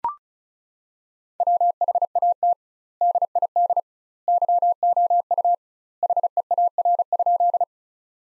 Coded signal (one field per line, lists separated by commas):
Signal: Morse code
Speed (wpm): 36 wpm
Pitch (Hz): 700 Hz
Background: none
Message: WHAT DID YOU HEAR?